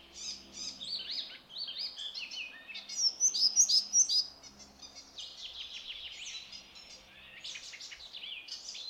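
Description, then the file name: Semi-collared flycatcher singing almost continuously, high chirpy and squeaky notes run into rapid phrases, loudest in a bright burst around the middle. "Balkanlugsnappare"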